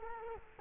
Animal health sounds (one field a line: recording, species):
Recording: mosquito wingbeat signal from an infrared sensor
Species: Culex quinquefasciatus